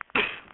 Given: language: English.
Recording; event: throat vibration sensor signal played as sound; cough